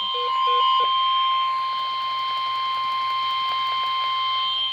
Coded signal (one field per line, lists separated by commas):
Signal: Emergency Alert System (SAME) tones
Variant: 1050 Hz attention tone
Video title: Idk what to call this (eas alerts from june something 2025)